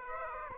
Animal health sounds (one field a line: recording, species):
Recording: mosquito wingbeat signal from an infrared sensor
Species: Aedes aegypti